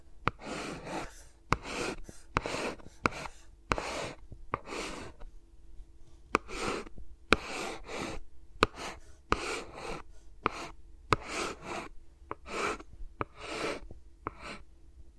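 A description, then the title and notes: Fingers rub and brush around microphones, with no talking, in short scratchy bursts that come roughly every half second to second. Sharp little taps and clicks punctuate the rubbing throughout, and a faint steady hum sits underneath. ASMR with Mics Around My Fingers (No Talking).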